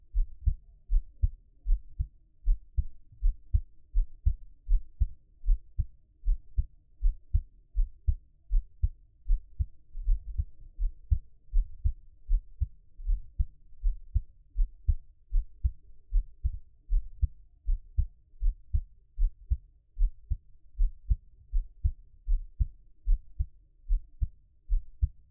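A heartbeat thumps steadily, each beat a deep, muffled double thud with nothing above a low rumble. The rhythm stays regular at roughly eighty beats a minute across the whole stretch, with a faint soft hiss between beats.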